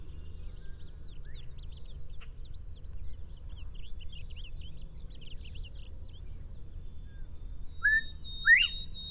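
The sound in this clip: Northern bobwhite two-part whistle near the end, a level note then an upslurred one, after a stretch of varied high twittering from other birds, with steady low rumble.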